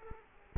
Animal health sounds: mosquito wingbeat signal from an infrared sensor; Culex quinquefasciatus

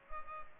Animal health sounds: mosquito wingbeat signal from an infrared sensor; Culex pipiens

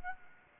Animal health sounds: mosquito wingbeat signal from an infrared sensor; Anopheles arabiensis

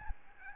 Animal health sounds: mosquito wingbeat signal from an infrared sensor; Aedes albopictus

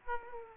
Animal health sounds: mosquito wingbeat signal from an infrared sensor; Aedes aegypti

